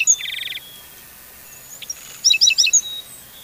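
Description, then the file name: Black-throated sparrow calling: a short buzzy trill, then a quick run of high, bright tinkling notes after a pause. "Black-throated Sparrow - Amphispiza bilineata"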